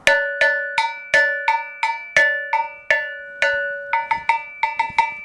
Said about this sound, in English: So I'm going to play a proverb on the bell and for you to listen to. So this is.